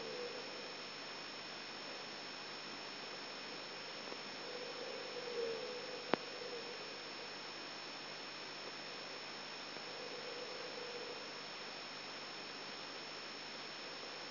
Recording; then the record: brain microelectrode recording played as sound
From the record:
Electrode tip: outside the subthalamic nucleus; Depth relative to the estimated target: -6 mm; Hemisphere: left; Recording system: AlphaMap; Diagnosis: Parkinson's disease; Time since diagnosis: 14 years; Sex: male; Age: 66 years